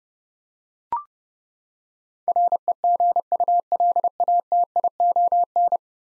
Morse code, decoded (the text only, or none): REGULATION